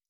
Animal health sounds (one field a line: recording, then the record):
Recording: hydrophone in a shrimp aquaculture tank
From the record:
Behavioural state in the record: stressed